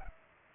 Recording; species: mosquito wingbeat signal from an infrared sensor; Culex pipiens